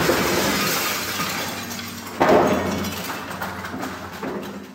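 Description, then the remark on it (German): A window pane being smashed by a thrown object during protests against the Carloft housing complex in Berlin: a harsh, noisy burst of breaking glass, a second loud crash partway through, then trailing rattling shards and a fainter final knock, with no voices. “Darin ging es um fliegende Farbbeutel und eingeworfene Fensterscheiben.”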